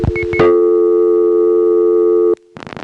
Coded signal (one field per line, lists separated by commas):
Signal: telephone call progress tone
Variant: North America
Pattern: dial tone